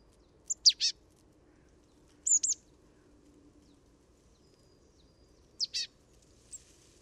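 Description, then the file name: Marsh tit giving high, sharp call notes in groups of two or three, three bursts spaced irregularly, then a fainter single note, over a faint low background hiss. "Poecile palustris"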